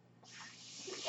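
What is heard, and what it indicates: Soft airy hiss swelling after a brief quiet start: airflow noise from a person's own home mechanical ventilator delivering a breath.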